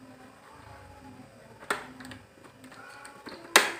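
A GoPro Hero 8 Black's plastic quick-release mounting buckle is pushed into its mount until it latches. A sharp tap at 1.7 s and a few faint ticks come first over low background noise, then a loud, crisp snap at 3.6 s as the buckle clicks in and seats.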